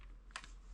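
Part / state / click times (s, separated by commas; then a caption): tubular knitting attachment onto knitting machine needle bed / not seated / none. A Tricofit tubular knitting attachment is handled on the needle bed of a Passap E6000 knitting machine; it is not dropping down properly, and some needles are being moved. Light plastic clacks are heard, with one sharp tick at 0.4 s. Nothing has seated or snapped into place yet.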